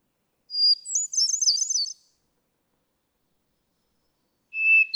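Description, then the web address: Hermit thrush song: a steady clear whistled note followed by a fluty, tumbling flourish, with a second phrase on a lower opening note starting at the end. "birdsongforthecurious songs Hermit Thrush"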